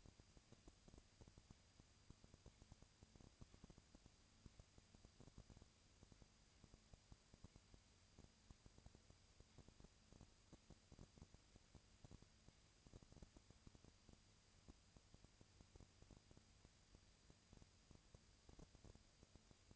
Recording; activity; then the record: daily activity, microphone in the room; no activity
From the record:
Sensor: 2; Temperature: 20.1 degrees Celsius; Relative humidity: 35.5%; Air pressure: 997.0 hPa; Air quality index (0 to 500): 197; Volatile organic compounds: 30 ppm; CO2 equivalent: 2958 ppm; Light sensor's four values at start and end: 2/3/2/2 and 2/3/2/2